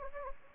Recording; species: mosquito wingbeat signal from an infrared sensor; Anopheles gambiae